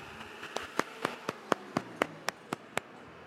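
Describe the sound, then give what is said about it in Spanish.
A short burst of applause at the closing of the Crea Tus Medios event, held from Bogotá: about ten sharp, evenly spaced claps in a steady quick rhythm, sounding like only one or a few people clapping, fairly quiet, with no voices. “Un aplauso para Boris.”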